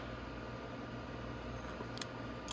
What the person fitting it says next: There we go. And now my wire is snapped in place, and that wrist pin can't come out,